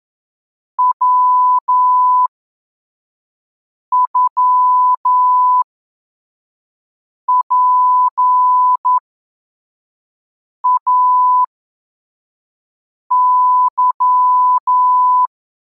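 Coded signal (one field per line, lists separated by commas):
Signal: Morse code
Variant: Russian alphabet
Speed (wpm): 11 wpm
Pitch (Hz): 1000 Hz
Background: none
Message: ВЮПАЫ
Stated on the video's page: Morse code lesson 12 with reception-practice texts at 3 groups per minute.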